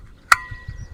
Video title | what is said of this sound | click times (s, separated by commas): Camping set up for our Next Road Trip - Rider Mugi | lock ஆயிடுச்சுன்னா அப்படியே விட்ற வேண்டியதுதான் | 0.3 s